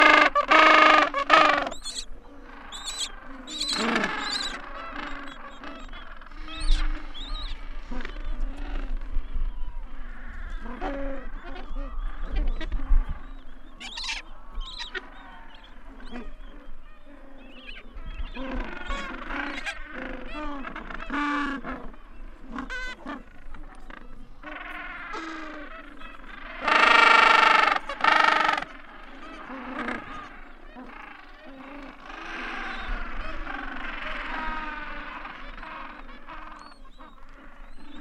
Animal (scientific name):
Pygoscelis papua